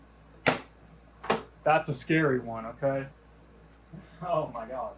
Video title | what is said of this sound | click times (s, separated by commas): VERIDIAN CRUISE / K&N / COMFORT SEAT - TRANSALP MODS P.9 | You'll hear a click and a pop. | 0.5 s, 1.2 s, 1.3 s